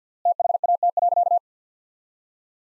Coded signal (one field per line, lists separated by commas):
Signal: Morse code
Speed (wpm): 50 wpm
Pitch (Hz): 700 Hz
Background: none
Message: THAT.